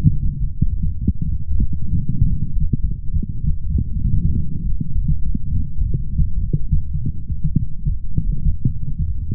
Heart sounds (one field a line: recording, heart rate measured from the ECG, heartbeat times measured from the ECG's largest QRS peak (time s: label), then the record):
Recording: heart sounds by stethoscope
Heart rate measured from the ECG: 100 bpm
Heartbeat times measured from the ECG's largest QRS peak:
0.07 s: heartbeat
0.68 s: heartbeat
1.29 s: heartbeat
1.90 s: heartbeat
2.52 s: heartbeat
3.11 s: heartbeat
3.72 s: heartbeat
4.34 s: heartbeat
4.93 s: heartbeat
5.52 s: heartbeat
6.10 s: heartbeat
6.69 s: heartbeat
7.27 s: heartbeat
7.87 s: heartbeat
8.46 s: heartbeat
9.05 s: heartbeat
From the record:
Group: healthy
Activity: light exercise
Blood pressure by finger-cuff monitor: 108/72 mmHg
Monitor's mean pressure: 83 mmHg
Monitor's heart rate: 99 bpm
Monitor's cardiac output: 7.7 L/min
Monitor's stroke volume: 76 mL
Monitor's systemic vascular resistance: 780 dyn s/cm5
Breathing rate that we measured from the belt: 28 breaths a minute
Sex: male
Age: 20 years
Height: 187 cm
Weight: 68.9 kg